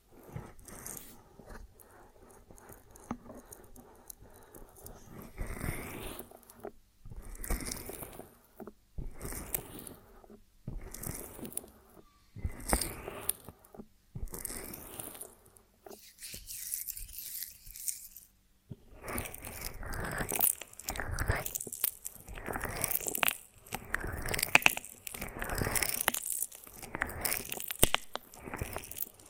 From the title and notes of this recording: ASMR of a Honeycomb on Branch (No Talking).